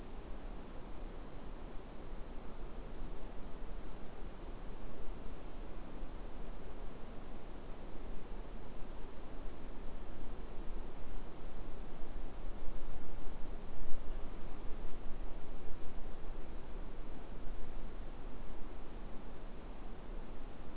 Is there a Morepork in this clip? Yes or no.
no